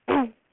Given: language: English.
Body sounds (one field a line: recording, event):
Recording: throat vibration sensor signal played as sound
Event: throat clearing